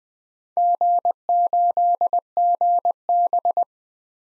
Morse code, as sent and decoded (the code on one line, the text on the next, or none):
--. ---.. --. -...
G8GB